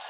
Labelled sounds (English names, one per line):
Orange-crowned Warbler flight call